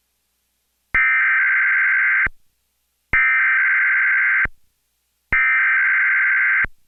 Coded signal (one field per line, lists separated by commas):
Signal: Emergency Alert System (SAME) tones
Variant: header bursts